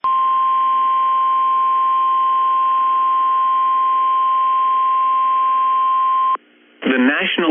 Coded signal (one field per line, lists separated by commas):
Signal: Emergency Alert System (SAME) tones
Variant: 1050 Hz attention tone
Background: speech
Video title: NOAA Severe Thunderstorm Warning EAS 4 21 PM 5 19 22 Minneapolis St Paul